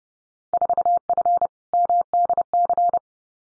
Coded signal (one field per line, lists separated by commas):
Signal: Morse code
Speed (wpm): 30 wpm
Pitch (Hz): 700 Hz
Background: none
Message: 4F MDC